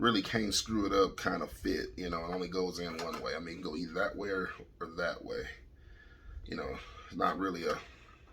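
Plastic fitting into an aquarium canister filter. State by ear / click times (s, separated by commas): not seated / none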